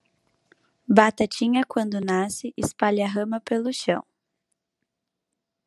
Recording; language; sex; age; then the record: short text; Brazilian Portuguese; female; 20 to 29 years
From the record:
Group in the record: control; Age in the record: 27 years